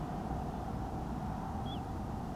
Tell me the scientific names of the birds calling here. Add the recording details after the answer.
Charadrius dubius. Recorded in France